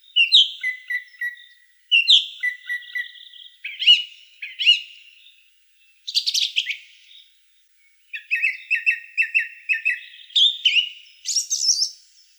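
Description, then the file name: Song thrush delivering a string of different whistled phrases, several repeated two or three times, with a rapid rattling run and a high squeaky finish. "Turdus philomelos"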